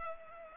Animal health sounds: mosquito wingbeat signal from an infrared sensor; Culex pipiens

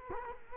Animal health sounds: mosquito wingbeat signal from an infrared sensor; Culex quinquefasciatus

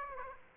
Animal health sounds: mosquito wingbeat signal from an infrared sensor; Aedes aegypti

